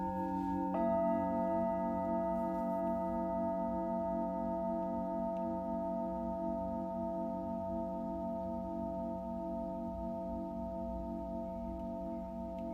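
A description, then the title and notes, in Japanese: A singing bowl rings in a sustained, shimmering drone, with a second tone joining just under a second in and a steady pulsing beat in the low hum. The sound stays level throughout, with a faint low rumble beneath and occasional soft tings. メキシコから シンギングボウルのサウンドヒーリング ライブ。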